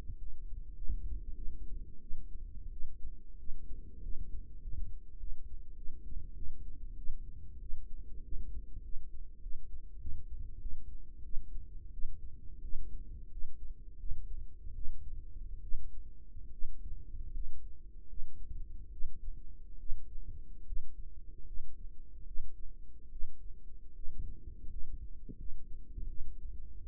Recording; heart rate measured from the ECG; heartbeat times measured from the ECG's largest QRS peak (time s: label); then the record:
heart sounds by microphone in the right ear; 86 bpm
0.17 s: heartbeat
0.75 s: heartbeat
1.35 s: heartbeat
2.01 s: heartbeat
2.71 s: heartbeat
3.37 s: heartbeat
4.01 s: heartbeat
4.60 s: heartbeat
5.18 s: heartbeat
5.76 s: heartbeat
6.35 s: heartbeat
6.96 s: heartbeat
7.60 s: heartbeat
8.23 s: heartbeat
8.82 s: heartbeat
9.41 s: heartbeat
9.99 s: heartbeat
10.60 s: heartbeat
11.23 s: heartbeat
11.92 s: heartbeat
12.62 s: heartbeat
13.30 s: heartbeat
13.98 s: heartbeat
14.74 s: heartbeat
15.61 s: heartbeat
16.51 s: heartbeat
17.32 s: heartbeat
18.08 s: heartbeat
18.91 s: heartbeat
19.78 s: heartbeat
20.65 s: heartbeat
21.45 s: heartbeat
22.25 s: heartbeat
23.10 s: heartbeat
23.94 s: heartbeat
24.68 s: heartbeat
25.37 s: heartbeat
26.07 s: heartbeat
26.81 s: heartbeat
From the record:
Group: healthy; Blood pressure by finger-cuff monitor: 105/61 mmHg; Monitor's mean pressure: 75 mmHg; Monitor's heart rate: 90 bpm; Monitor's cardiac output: 7.9 L/min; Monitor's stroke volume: 86 mL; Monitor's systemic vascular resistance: 680 dyn s/cm5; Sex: female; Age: 22 years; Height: 157 cm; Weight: 47.6 kg